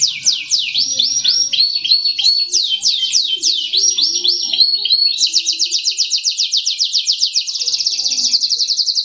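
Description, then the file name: Atlantic canary singing quick downward-sweeping notes in varied tours, switching halfway to a faster, even, high-pitched rolling trill. "kenari robin hood. omkicau"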